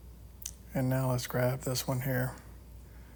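On a 2009 Saab 9-3 Aero XWD, a plastic retaining pin on the cabin air filter housing is pressed back down after the cabin air filter is seated. It gives one sharp click at 0.5 s, then someone talks. The pin clicks closed and is seated.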